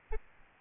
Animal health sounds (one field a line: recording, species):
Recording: mosquito wingbeat signal from an infrared sensor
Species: Aedes albopictus